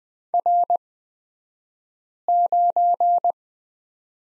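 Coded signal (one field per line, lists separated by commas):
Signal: Morse code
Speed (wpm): 20 wpm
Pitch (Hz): 700 Hz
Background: none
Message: R9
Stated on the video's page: Morse course lesson on the letter X, two-character drill, at Farnsworth speed 20/10wpm.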